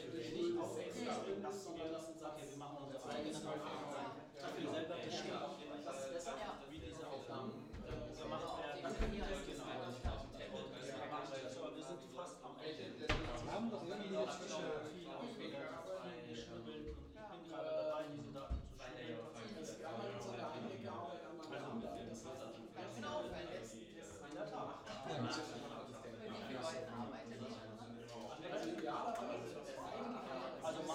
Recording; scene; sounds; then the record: everyday scene through a hearing-aid microphone; many people talking; many voices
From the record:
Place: bistro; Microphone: in the ear canal, left